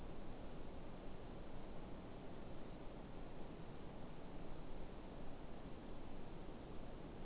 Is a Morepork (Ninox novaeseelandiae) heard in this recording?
no